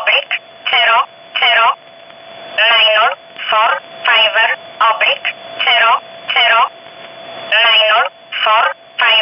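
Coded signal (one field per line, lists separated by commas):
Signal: numbers station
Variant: E11 Oblique, English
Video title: 03 06 2019 E11 Oblique Numbers station in English 0640 on 15800 unknown tx site in USB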